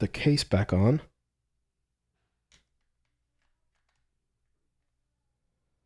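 Someone talks briefly at the start as a plastic back cover is lined up on a Nintendo Switch handheld game console body, ready to be pressed down and snapped home. Only a faint, brief handling sound comes at about 2.5 s, followed by near silence. Nothing has snapped into place yet.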